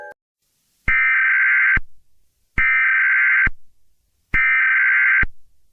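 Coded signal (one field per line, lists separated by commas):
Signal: Emergency Alert System (SAME) tones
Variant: header bursts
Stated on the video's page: Fictional EAS scenario based on a historic cold-front event, not a real alert.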